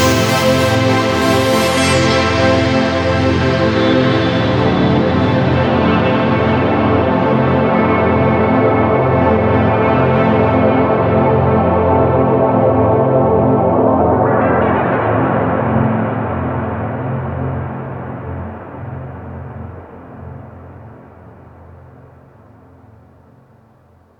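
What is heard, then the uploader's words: A square wave pad holds one buzzy, hollow chord with many stacked overtones. Its brightness slowly dulls as the top closes off, with a brief lift near fifteen seconds. From about sixteen seconds it fades steadily and is nearly gone by twenty-four. This is a square wave pad on the Reface CS being modulated by 4 LFOs. The internal LFO is modulating the pitch. 3 other LFOs from the midiLFOs iOS app are modulating the pulse width, pitch of the second oscillator, and the filter resonance. The only additional effect is aufx:space. There's a bit of noise in it.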